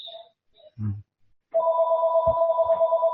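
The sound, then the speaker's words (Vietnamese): A mobile phone ringtone starts after a few faint chirps, then holds a steady, bright electronic tone with layered pitches that rings continuously until the end, with a couple of soft low thumps underneath. “Lần sau khi mà có sư đương thuyết pháp đó, mà có điện thoại tới thì mình cứ bật lên đi, để gần ông sư họ nghe sư thuyết pháp, tự nhiên là họ nghe luôn.”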